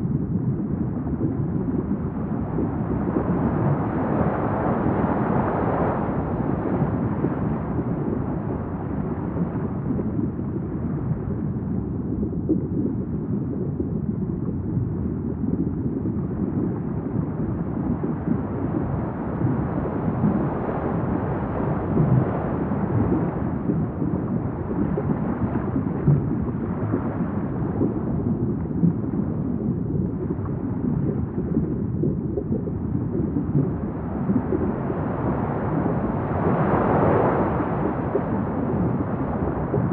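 A dense, low, steady roar of churning water heard from below the surface, with a constant rumble and fizzing texture throughout. Brighter surges swell around five and again near thirty-seven seconds, with faint clicks scattered in the wash.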